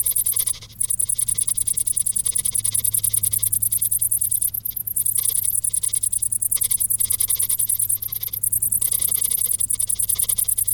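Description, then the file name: High shrill cricket chirps repeating quickly and evenly, dipping briefly near the start and middle, above a steady low hum. "Grillen"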